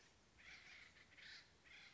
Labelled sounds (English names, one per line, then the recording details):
Acorn Woodpecker
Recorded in Sonoma County, California